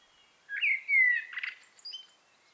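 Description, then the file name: Common blackbird gives a short slurred whistle that falls slightly, followed by a squeaky, twittering flourish, then silence. "Turdus merula"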